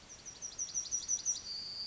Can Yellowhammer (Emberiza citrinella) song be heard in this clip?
yes